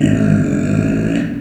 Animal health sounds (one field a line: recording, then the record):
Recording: squeal of a Yucatan mini pig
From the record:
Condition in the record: after surgery on the right vocal fold (resection and tissue-engineered implant)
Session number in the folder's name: 3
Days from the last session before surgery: 21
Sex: female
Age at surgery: 19 weeks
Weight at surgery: 25 kg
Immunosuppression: prednisolone